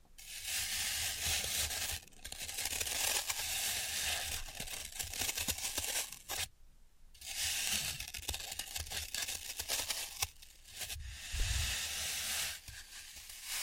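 Floral foam being crushed and worked, with dense, gritty crackling that fills the upper range in long bursts. The crunching comes in stretches of one to three seconds, broken by short silences near 2, 6.5, 10 and 11 seconds, with a low thud around 11.5 seconds.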